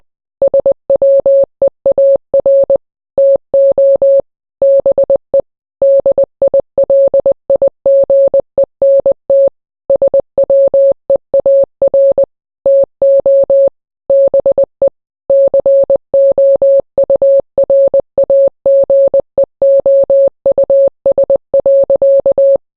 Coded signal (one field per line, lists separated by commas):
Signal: Morse code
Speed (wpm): 20 wpm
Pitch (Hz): 550 Hz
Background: none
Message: SWEAR TO BE DILIGENT SWEAR TO BE COURAGEOUS.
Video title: Taiwan Morse Code